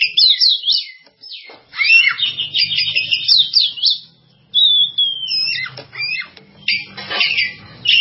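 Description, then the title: Java sparrow song of busy high chirps and a long drawn-out whistled note, broken by short silences. "kicau gelatik"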